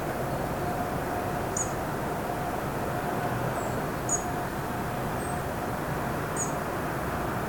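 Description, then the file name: European robin giving several short, high, thin call notes, with persistent low rumbling noise throughout. "Erithacus rubecula"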